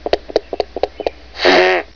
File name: llama